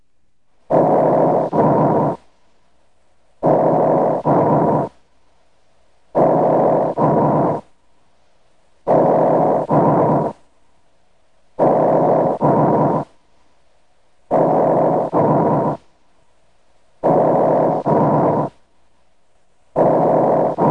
Mainstem bronchi breath sounds are heard over the chest wall on either side of the sternum from the second to the fourth intercostal spaces anteriorly and along the vertebral column from the third to the sixth intercostal spaces posteriorly. Tracheal and mainstem bronchi breath sounds.